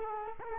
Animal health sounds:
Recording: mosquito wingbeat signal from an infrared sensor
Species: Culex quinquefasciatus

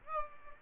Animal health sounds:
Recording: mosquito wingbeat signal from an infrared sensor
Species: Aedes aegypti

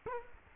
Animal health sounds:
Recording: mosquito wingbeat signal from an infrared sensor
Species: Culex quinquefasciatus

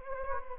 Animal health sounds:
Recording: mosquito wingbeat signal from an infrared sensor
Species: Anopheles gambiae

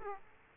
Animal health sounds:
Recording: mosquito wingbeat signal from an infrared sensor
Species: Aedes aegypti

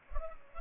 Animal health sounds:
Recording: mosquito wingbeat signal from an infrared sensor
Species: Culex pipiens

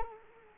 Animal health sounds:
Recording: mosquito wingbeat signal from an infrared sensor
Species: Culex quinquefasciatus

